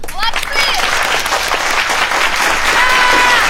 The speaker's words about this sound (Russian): Капитан поднимает вверх руки, останавливая овацию.